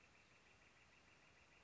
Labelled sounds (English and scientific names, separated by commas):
Northern Flicker (Colaptes auratus)